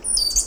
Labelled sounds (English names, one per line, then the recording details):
Stitchbird song
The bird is a male
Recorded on Tiritiri Matangi Island, New Zealand, in 2005
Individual 1, of nest box 1